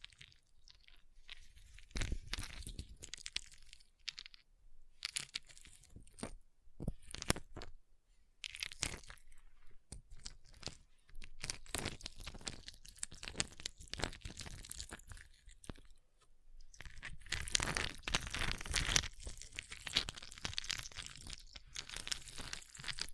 Ice Tapping, Scratching, Carving Sounds